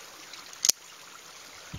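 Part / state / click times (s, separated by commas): knife blade into its open lock / seated / 0.7 s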